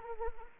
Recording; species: mosquito wingbeat signal from an infrared sensor; Anopheles arabiensis